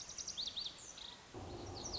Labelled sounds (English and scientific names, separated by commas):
Lazuli Bunting (Passerina amoena)